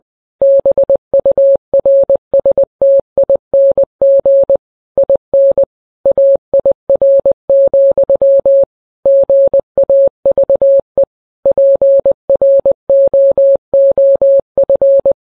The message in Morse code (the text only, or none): BURSTING IN AIR, GAVE PROOF